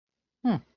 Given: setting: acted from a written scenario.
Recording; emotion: vocal sound without words; neutral